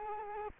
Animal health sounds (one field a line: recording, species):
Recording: mosquito wingbeat signal from an infrared sensor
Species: Culex quinquefasciatus